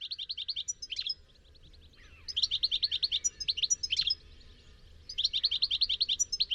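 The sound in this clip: Bird song: three bursts of fast, evenly repeated high notes separated by short pauses, with a faint lower chirp between.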